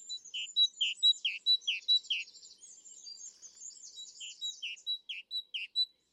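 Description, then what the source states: Great tit song: bold two-note seesaw phrases repeated in quick series, a high note then a lower one, with other birds' twittering overlapping in the background. Well-known 'teacher, teacher, teacher' song seesawing between two notes in a bold tone; common in gardens.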